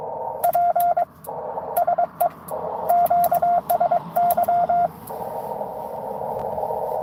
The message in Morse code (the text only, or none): PSE QSY